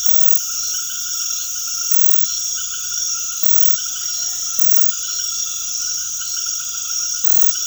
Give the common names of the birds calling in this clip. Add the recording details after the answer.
none. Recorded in secondary vegetation near Puerto Asís, Putumayo, Colombia, on 19 February 2024 at 20:30. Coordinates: 0.500, -76.326. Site G6428